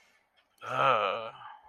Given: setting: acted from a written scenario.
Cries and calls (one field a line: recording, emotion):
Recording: vocal sound without words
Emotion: anger